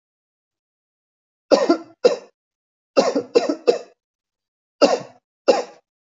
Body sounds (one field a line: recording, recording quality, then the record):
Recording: heavy voluntary cough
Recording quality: excellent, no background noise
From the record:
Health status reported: healthy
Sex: male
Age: 40 years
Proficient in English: yes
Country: India